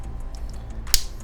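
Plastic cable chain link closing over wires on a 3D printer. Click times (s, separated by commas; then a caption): 0.9 s. A plastic cable chain link on a 3D printer is pressed closed over the wires, one of the last two links. Two faint ticks at 0.4 s and 0.5 s lead into a single loud, sharp snap at 0.9 s, which sits over a low steady background. The link snaps shut and is seated.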